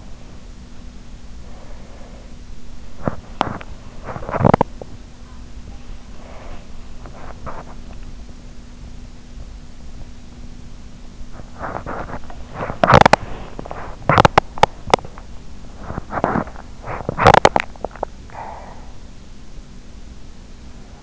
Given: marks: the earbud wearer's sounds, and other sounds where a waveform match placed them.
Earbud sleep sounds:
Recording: sounds in sleep by an in-ear microphone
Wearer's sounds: breath, teeth grinding, body movement, swallowing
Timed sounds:
1.42-2.85 s: breath
2.85-5.00 s: teeth grinding
2.85-21.03 s: body movement
6.04-12.72 s: swallowing
12.72-18.06 s: teeth grinding

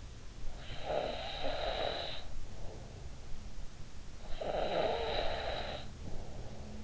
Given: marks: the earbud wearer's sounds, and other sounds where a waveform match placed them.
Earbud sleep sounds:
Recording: sounds in sleep by an in-ear microphone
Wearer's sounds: snoring breath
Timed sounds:
0.13-3.21 s: snoring breath
3.87-6.84 s: snoring breath

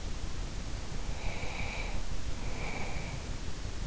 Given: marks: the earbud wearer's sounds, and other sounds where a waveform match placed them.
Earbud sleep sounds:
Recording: sounds in sleep by an in-ear microphone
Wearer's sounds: breath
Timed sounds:
1.08-3.39 s: breath

